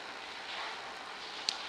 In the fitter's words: you can hear it snap put